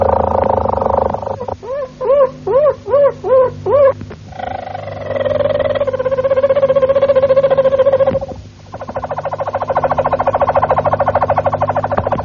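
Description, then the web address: Harz roller canary singing: a low roll, several arched flute-like notes, then a long steady rolling trill, a brief pause, and a rapid roll. "canarios cantoharz"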